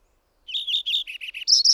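Bird song, a quick string of six short high notes, closing with two louder, higher notes.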